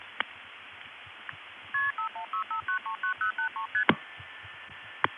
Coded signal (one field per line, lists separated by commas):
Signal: multi-frequency trunk signalling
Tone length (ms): 110 ms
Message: KP5165939083ST